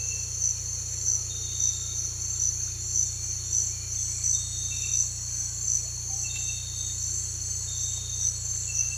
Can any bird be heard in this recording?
no